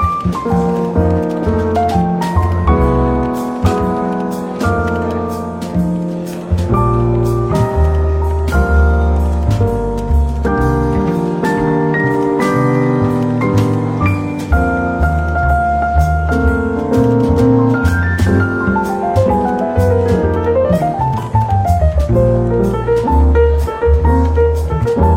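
Soft, relaxed jazz plays throughout, with a walking bass line, steady light drum ticks and chords. A melody moves over it, gliding upward and back down around the twenty-second mark. The volume stays even for the whole stretch.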